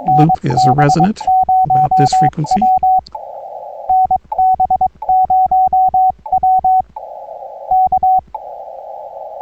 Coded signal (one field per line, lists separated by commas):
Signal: Morse code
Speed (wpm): 22 wpm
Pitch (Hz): 750 Hz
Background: speech, radio noise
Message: NB0W NB0W K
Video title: CW POTA Activation and a look around Victoria Springs State Rec Area US-3376